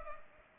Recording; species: mosquito wingbeat signal from an infrared sensor; Culex pipiens